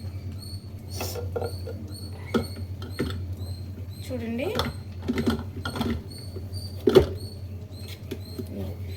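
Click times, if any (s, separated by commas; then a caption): 5.7 s, 6.9 s. A white plastic attachment is pressed firmly onto an Inalsa food processor base amid plastic handling clatter while someone talks. Sharp clicks at 5.7 s and 6.9 s mark it locking into place, and the attachment is seated.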